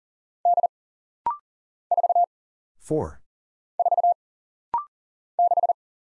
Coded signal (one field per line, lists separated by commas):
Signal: Morse code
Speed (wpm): 40 wpm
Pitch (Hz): 700 Hz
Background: none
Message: D 4 4 6